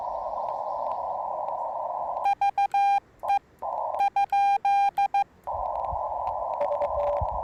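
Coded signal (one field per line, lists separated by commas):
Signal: Morse code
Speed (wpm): 15 wpm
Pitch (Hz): 800 Hz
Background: none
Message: VE ?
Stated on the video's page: Morse from a park activation, sent with paddles on a Yaesu FT-891 at 25 watts into a 17-ft whip on a tripod.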